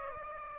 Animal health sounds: mosquito wingbeat signal from an infrared sensor; Aedes aegypti

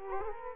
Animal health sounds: mosquito wingbeat signal from an infrared sensor; Culex quinquefasciatus

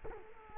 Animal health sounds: mosquito wingbeat signal from an infrared sensor; Culex quinquefasciatus

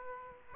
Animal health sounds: mosquito wingbeat signal from an infrared sensor; Aedes aegypti

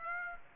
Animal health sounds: mosquito wingbeat signal from an infrared sensor; Aedes aegypti

